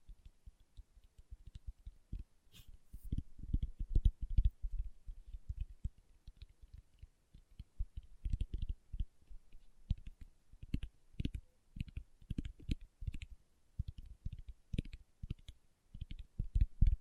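Fingertips tap in quick, irregular bursts, each hit a short dull thump with a faint crisp click on top. The taps come densely from about one to five seconds, ease off briefly, then return in steady clusters through to the end.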